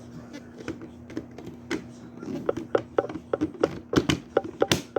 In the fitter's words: Okay, that snaps into place really easily.